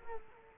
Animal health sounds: mosquito wingbeat signal from an infrared sensor; Culex quinquefasciatus

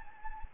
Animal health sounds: mosquito wingbeat signal from an infrared sensor; Anopheles gambiae

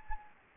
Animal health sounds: mosquito wingbeat signal from an infrared sensor; Anopheles gambiae

